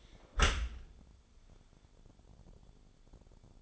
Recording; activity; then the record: daily activity, microphone in the room; close dishwasher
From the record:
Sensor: 5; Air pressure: 1015.1 hPa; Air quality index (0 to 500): 169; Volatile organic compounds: 5 ppm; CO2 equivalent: 1826 ppm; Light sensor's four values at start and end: 37/88/36/38 and 39/92/37/41